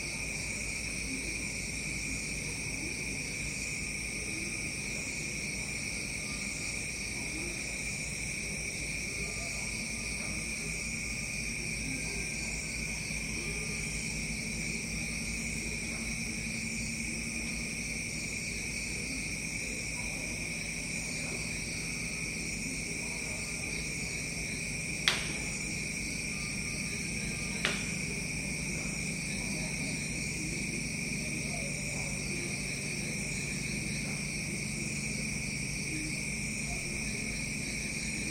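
Jungle insects drone steadily in several bright, unbroken bands, one high and shrill, another lower and buzzing, holding constant throughout. A low rumble sits underneath, with faint scattered calls. Two sharp clicks or knocks stand out near the middle, around 25 and 28 seconds.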